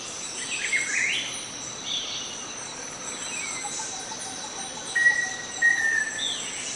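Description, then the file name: Black-faced antthrush song: a clear whistled note, a pause, then a short run of level whistles, set against steady high insect buzzing. "Song of Formicarius analis"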